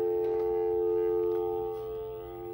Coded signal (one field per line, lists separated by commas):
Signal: telephone call progress tone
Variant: North America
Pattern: dial tone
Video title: Sega Genesis Online Part 2 - Xband Modem on the Sega Genesis!